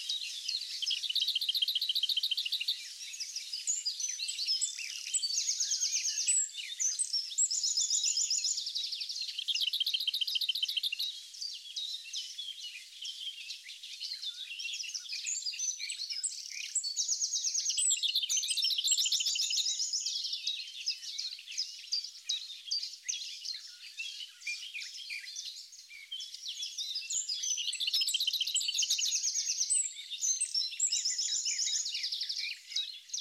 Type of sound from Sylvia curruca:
song